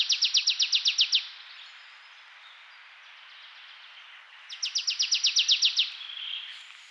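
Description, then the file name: Marsh tit delivering two rapid series of clipped, high notes, each lasting just over a second, separated by a quiet pause. "Poecile palustris"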